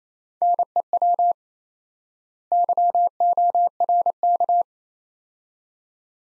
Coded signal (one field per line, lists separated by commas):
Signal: Morse code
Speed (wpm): 28 wpm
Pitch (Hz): 700 Hz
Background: none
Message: NEW YORK